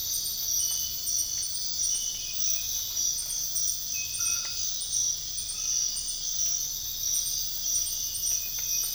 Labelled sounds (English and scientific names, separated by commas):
none